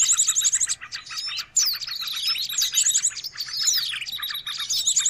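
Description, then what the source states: Birds chattering noisily, fast high trills and sweeping whistles layered over continuous twittering. Noisy bird calls used to lure birds.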